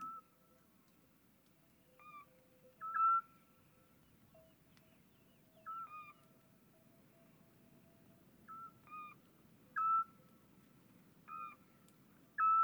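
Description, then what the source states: Eurasian scops owl calls: short whistled notes, some rising or doubled, come in scattered bursts every few seconds over a quiet background. Copulation sequence with various calls of male and female.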